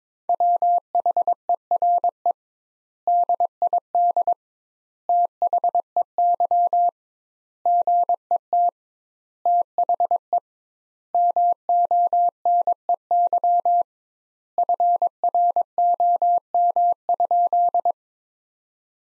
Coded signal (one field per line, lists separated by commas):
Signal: Morse code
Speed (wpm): 22 wpm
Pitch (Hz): 700 Hz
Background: none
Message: WHERE DID THEY GET THE MONEY FROM?